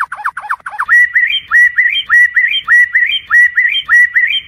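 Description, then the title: White-rumped shama song: quick dipping whistles, then a clear rising whistled phrase repeated many times. Training recording (masteran) used to tutor other birds. "MASTERAN MURAI BATU LABAIK"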